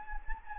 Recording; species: mosquito wingbeat signal from an infrared sensor; Anopheles gambiae